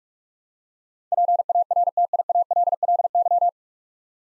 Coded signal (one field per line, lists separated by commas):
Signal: Morse code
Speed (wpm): 46 wpm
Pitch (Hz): 700 Hz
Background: none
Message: PARTIALLY